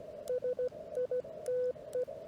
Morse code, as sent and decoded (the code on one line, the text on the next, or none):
... .. - .
SITE